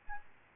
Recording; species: mosquito wingbeat signal from an infrared sensor; Aedes albopictus